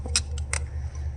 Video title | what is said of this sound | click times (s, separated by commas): Blue collar Buck down! | I heard the click did you hear the double click | 0.2 s, 0.5 s